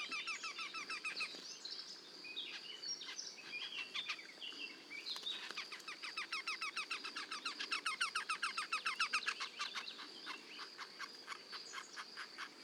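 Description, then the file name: Eurasian wryneck calls, nasal repeated notes rising and falling in loudness, with a few short whistled notes early on. Two wrynecks calling together in a duet. "torcols en duo"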